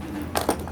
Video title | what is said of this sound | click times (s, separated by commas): Remington Typewriter Draw chard changing,Main spring Tension | இதுமாரி lock ஆகிடும், வெளியே வராது. | 0.4 s